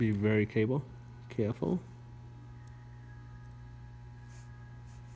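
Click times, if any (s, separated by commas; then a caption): none. Someone talks while handling the blue flex cable of a GS7 phone, lining it up to press it back onto its board-to-board connector on the logic board during screen reassembly. A steady low hum continues under the speech, with only a faint tick near 2.7 seconds. Nothing has seated or clicked yet.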